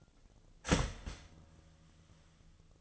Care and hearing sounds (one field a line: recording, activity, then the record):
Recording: daily activity, microphone in the room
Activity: start toaster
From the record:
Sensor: 4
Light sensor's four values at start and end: 23/70/27/27 and 23/69/27/27